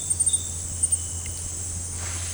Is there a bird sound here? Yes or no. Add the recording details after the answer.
no. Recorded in dense forest near Puerto Asís, Putumayo, Colombia, on 20 December 2024 at 18:00. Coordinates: 0.481, -76.323. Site G100